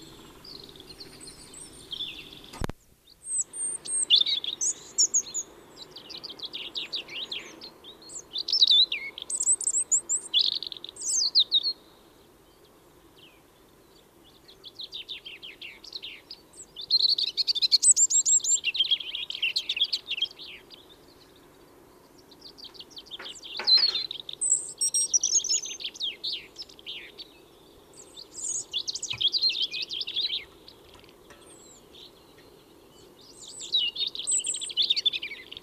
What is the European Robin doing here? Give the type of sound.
song